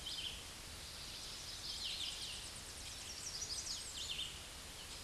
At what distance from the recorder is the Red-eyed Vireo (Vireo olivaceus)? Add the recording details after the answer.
about 45 m. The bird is about 10 m above the microphone. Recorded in a Pennsylvania forest on 16 May 2024 at 08:14. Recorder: AudioMoth, point MSD-2201. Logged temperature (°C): 15.5 °C. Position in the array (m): 123 m, 64 m